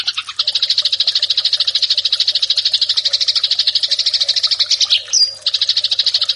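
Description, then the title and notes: Eurasian tree sparrow giving a long, rapid chatter of evenly repeated chips, with one short whistled note and a pause late in the series. Fighting (tarung) song style. "MASTER GEREJA TARUNG 1. burung gereja"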